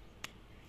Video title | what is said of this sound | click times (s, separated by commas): BEST LED LIGHT AND HORN FOR CYCLE -- HOW TO INSTALLE LED Front Light 💡 | देख सकते हैं click का sound आ चुका है और यहाँ पर अपनी लाइट फिट हो | 0.2 s